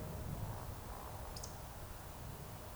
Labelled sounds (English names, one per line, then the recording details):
Eurasian Woodcock whistle
Eurasian Woodcock croak
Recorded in Baden-Württemberg, Germany, on 3 June 2021 at 20:04 UTC
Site 45499, 200 m above sea level